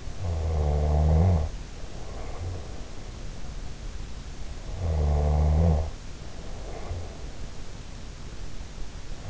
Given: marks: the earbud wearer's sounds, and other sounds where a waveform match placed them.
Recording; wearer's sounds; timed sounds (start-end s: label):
sounds in sleep by an in-ear microphone; snoring breath
0.00-3.20 s: snoring breath
4.69-7.47 s: snoring breath